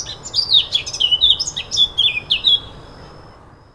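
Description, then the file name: Eurasian blackcap song: a quick run of high, sweet, slurred warbled notes for about two and a half seconds, then fading, over steady low background rumble. "Sylvia atricapilla"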